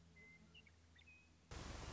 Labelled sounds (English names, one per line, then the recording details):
Western Meadowlark
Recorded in Sonoma County, California